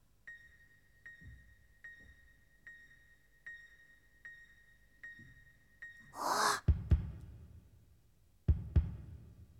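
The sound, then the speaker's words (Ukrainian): Breathing sound effect as a creature whose heart had stopped starts breathing again after being given valerian drops: a steady series of soft pulsing beeps with low thumps, then a sudden loud rushing swell like a sharp intake of breath, followed by a few heavy thuds. “Дихає! Дихає!”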